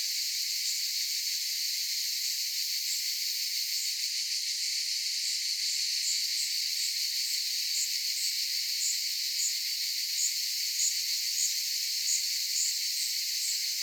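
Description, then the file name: Cicada chorus: a continuous shrill hiss-like drone, overlaid by brief repeated pulses that come in uneven runs. "Cicadas wide"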